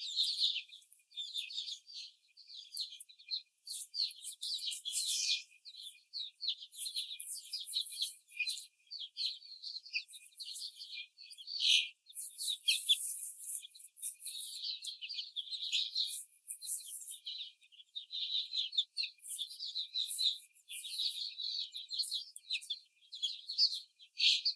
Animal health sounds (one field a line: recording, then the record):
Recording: young laying hens in a cage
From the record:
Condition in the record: before the stressor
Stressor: simulated dog barking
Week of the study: 4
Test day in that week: 3